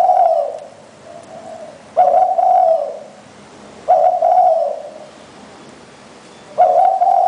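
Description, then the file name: Spotted Dove coo phrases: soft preliminary notes, then loud, slightly wavering coos about two to three seconds apart. "นกเขาใหญ่"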